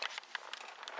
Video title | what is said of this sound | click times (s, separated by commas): 1965 Ford Galaxie 500 - Can I Get It To Stay Running??? Or Is It Junk!!! | Basically, all you do is you push it in, you rotate it, and then it snaps into place, and the horn works as it should. | 0.4 s